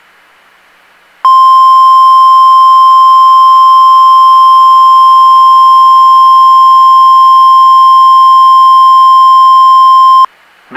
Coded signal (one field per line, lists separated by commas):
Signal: Emergency Alert System (SAME) tones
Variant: 1050 Hz attention tone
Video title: 1/17/24 WXL51 Required Weekly Test (EAS #1)